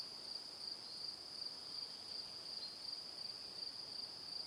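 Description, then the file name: Cricket chorus, shrill and continuous, with regular chirps beating a little under three per second over soft ambient noise. Evening. "Calm - Evening Crickets"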